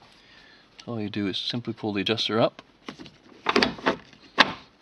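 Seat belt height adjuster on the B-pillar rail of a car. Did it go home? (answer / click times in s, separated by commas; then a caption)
yes / 4.4 s. A seat belt height adjuster on the B-pillar rail of a Volkswagen Golf is pulled upward while someone talks. Its plastic and metal slider ratchets up with quick clicks around 3.5–3.6 s. It then locks in place with a loud click at 4.4 s.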